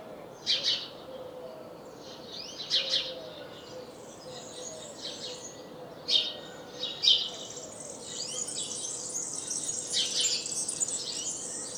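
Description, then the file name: House sparrow chirps, a few loud notes early on, then a busier stretch of overlapping chatter toward the end over a low hiss. "Passer domesticus"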